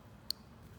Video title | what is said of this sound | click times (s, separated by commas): 1000cc Injectors In SR20! | hear that click in and now it's tight and you just | 0.3 s